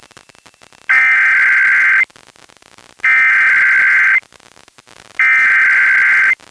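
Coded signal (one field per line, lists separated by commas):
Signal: Emergency Alert System (SAME) tones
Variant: header bursts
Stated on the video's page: Washington statewide EAS required monthly test relayed by an FM station, recorded directly from a stereo with a Zoom H1 recorder.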